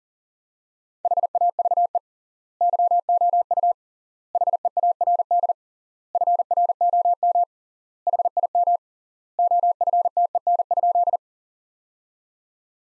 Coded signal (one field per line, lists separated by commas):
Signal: Morse code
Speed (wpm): 40 wpm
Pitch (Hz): 700 Hz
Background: none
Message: HAVE YOU HEARD FROM HIM OFTEN?